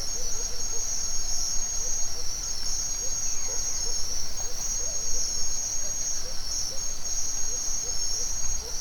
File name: nature ambience forest dawn owl birds crickets insects mexico